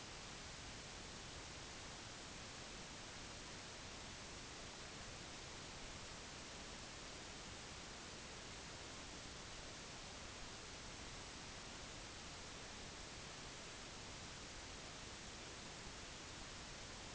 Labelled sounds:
none
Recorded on Arctic tundra, site NAIT-1, on 25 June 2019
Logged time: 10:00

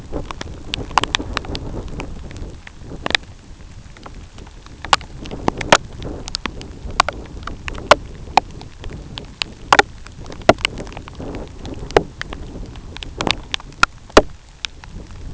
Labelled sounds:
none
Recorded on Arctic tundra, site UTQI-2, on 13 June 2019
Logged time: 12:00

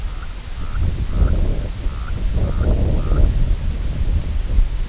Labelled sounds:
White-rumped Sandpiper (Calidris fuscicollis)
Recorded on Arctic tundra, site IGLO-D, on 19 June 2018
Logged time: 14:00

